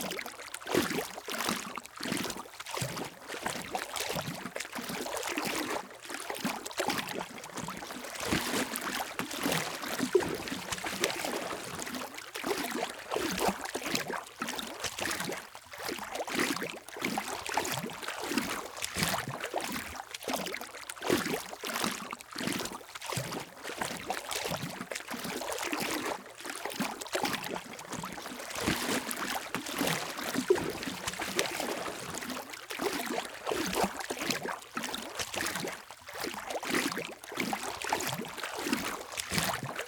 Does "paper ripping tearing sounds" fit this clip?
no